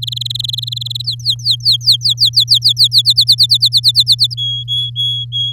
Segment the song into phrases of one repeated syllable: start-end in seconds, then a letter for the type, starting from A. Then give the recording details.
0.02-1.02 A, 1.04-3.02 B, 3.05-4.34 C, 4.37-5.53 D. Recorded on 6 May 2018 at 16:25. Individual llb16